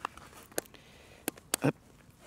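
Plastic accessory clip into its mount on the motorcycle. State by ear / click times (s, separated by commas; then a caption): seated / 1.3 s, 1.5 s. A plastic accessory clip is pushed into its mount on a Yamaha 125 cc MT motorcycle after being set into a small notch. Light tapping and handling sounds lead to two sharp clicks at 1.3 s and 1.5 s, followed by a brief duller knock. The clip snaps in and is seated firmly.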